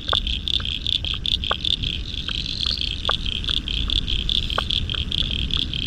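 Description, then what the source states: Frogs calling in chorus, quick pips and clicks scattered irregularly against a continuous high-pitched trill and a low background rumble. Spring frog chorus at dusk beside the South Pacific Ocean, Royal National Park, Australia, November 2015.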